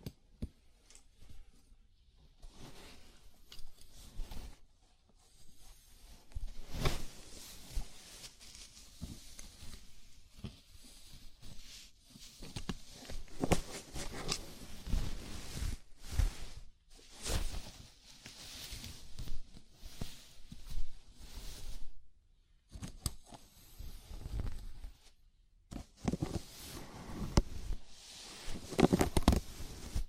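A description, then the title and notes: Fingers work through hair in a scalp massage, making dry, crackling rustles and scratches in uneven bursts. The rubbing starts sparse, grows busy and steady from about six seconds, and pauses briefly near 22 and 25 seconds before picking up again. ASMR Sleepy Scalp Massage (No Talking).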